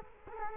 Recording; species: mosquito wingbeat signal from an infrared sensor; Culex quinquefasciatus